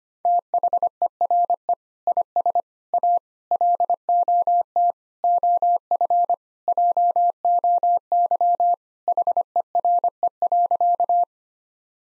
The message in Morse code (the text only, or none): THERE IS A LOT OF JOY HERE.